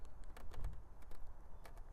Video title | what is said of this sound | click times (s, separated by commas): Déballage Kukirin G2 : Meilleur rapport/qualité prix ?! - UNBOXING | oh j'ai aimé ça est-ce que vous avez entendu le petit clic les gars | 1.7 s